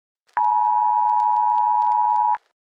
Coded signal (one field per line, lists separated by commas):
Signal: Emergency Alert System (SAME) tones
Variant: 853 and 960 Hz attention tone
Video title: An EAS Scenario For My Science Class